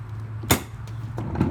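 The caster wheel brake on an Igloo Party Bar 125 Qt cooler stand is flipped off by its lever, giving a loud, sharp plastic clack at 0.5 s over a steady low hum. Two fainter knocks follow at about 1.2 s and 1.4 s. The wheel lock clicks open and the caster is released.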